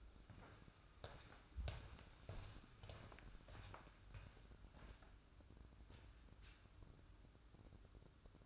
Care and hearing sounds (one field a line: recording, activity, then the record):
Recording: daily activity, microphone in the room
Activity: walk to room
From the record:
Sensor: 2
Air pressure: 1008.1 hPa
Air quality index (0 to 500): 117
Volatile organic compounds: 1 ppm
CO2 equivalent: 870 ppm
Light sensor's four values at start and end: 7/16/7/6 and 7/17/7/7